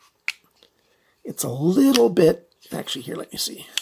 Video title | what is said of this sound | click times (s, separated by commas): Knife Collection as of April 2021 - A VERY LONG VIDEO | and nice liner lock lock up on this one is excellent | 0.3 s